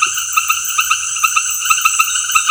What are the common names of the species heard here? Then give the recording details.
none. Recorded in dense forest near Puerto Asís, Putumayo, Colombia, on 19 February 2024 at 18:30. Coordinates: 0.496, -76.326. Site G6383